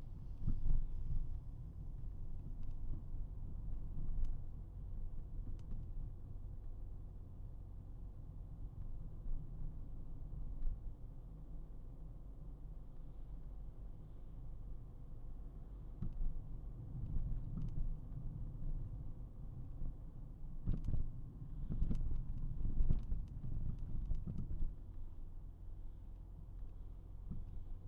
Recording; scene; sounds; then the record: everyday scene through a hearing-aid microphone; in a vehicle; engine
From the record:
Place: Berlingo II, diesel engine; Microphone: behind the ear, right, rear